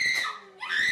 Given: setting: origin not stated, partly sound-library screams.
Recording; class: one-second piece from a danger detection set; woman in danger